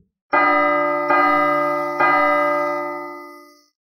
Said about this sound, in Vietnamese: Ba tiếng chuông du dương truyền đến, trong ngũ sắc quang hoa chớp động, nguyên bổn cửa điện đang mở ra, lúc này từ từ đóng lại.